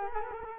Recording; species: mosquito wingbeat signal from an infrared sensor; Culex quinquefasciatus